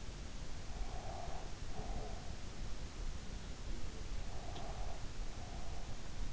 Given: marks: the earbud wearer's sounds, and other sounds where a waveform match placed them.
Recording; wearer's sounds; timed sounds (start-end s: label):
sounds in sleep by an in-ear microphone; breath
0.78-2.36 s: breath
4.29-5.96 s: breath